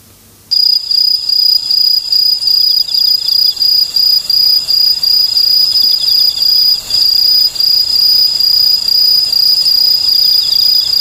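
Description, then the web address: Okame cricket song: after half a second of quiet, a dense high chorus of rapid, repeated chirps begins over a steady shrill ringing tone, continuing without a break. "sikioto insect okamekourogi"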